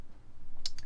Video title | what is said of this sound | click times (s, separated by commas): Real Steel - Luna - Tear Down | just pop that up ever so slightly, and you heard it click out of place. | 0.7 s